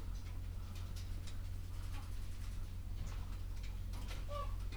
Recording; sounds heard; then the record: poultry house recording; sick chickens (respiratory disease)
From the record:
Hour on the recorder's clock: 11